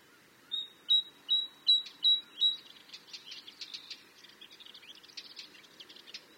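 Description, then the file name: Great tit opening with a series of high whistled notes in steady rhythm, then a busy, scratchy chatter of mixed short sounds. "Parus major"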